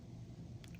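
The ball of a mount is pushed into the socket on the back of an adjustable clamp over a low rumbling background. Short clicks at 0.6 s and 0.7 s mark the ball snapping into the clamp socket, so it is seated properly and ready to be tightened.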